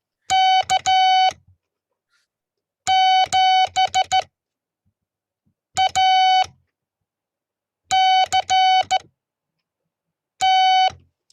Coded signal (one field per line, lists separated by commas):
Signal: Morse code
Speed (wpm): 14 wpm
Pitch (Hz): 750 Hz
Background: none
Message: K 7 A C T